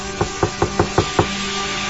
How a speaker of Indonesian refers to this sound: Ku coba membuka knop pintu. Terkunci dari dalam. Aku coba kamar mandi yang sebelahnya, yang satu lagi. Ku coba mengetuk kamar mandi itu.